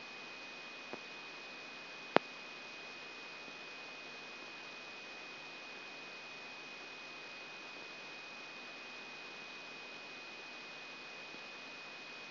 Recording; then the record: brain microelectrode recording played as sound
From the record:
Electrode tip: outside the subthalamic nucleus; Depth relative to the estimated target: -2 mm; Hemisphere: right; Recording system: AlphaMap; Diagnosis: Parkinson's disease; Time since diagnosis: 16 years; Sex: male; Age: 60 years